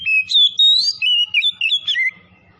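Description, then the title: Oriental magpie-robin song, one loud phrase of fluting, slurred whistles that rise and fall. Singing actively, described as 'gacor' (in full song). "Kacer Tretes"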